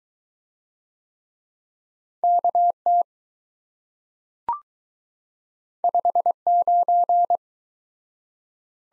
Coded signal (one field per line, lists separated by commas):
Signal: Morse code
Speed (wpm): 19 wpm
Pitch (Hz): 700 Hz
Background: none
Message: KT 59